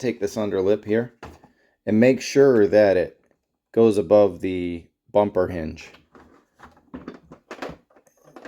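Someone talks while lining up a plastic APC add-on module on a toy jeep vehicle, setting its under-lip above the bumper hinge and angling it into place before it is pushed home. After the talk ends, only light handling taps are heard from about 6.6 to 8.5 seconds. Nothing has seated or clicked yet.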